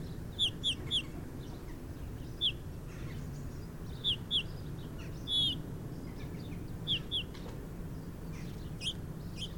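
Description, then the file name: Eurasian bullfinch giving soft, short piping whistled calls, single or in small groups, scattered throughout over a steady low rumble. "Pyrrhula pyrrhula"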